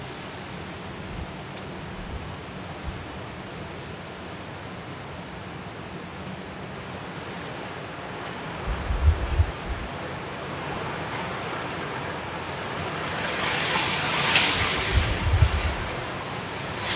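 Wind and rain from Hurricane Kay at midnight make a steady, dense rush throughout. Low rumbling thumps come around nine seconds and again near fifteen, and a brighter hissing gust swells from about thirteen to fifteen seconds before easing.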